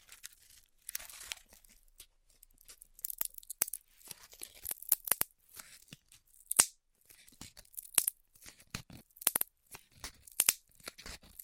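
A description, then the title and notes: Styrofoam being heat cut gives off quick, sharp crackles and squeaky tearing bursts, bright and hissy, in irregular clusters through the clip. The short snaps come a few times per second and are loudest around six to ten seconds, with near silence between bursts. ASMR Styrofoam Heat Cutting (No Talking).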